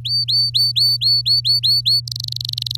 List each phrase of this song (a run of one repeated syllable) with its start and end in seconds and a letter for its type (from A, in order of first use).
0.05-2.00 A, 2.07-2.76 B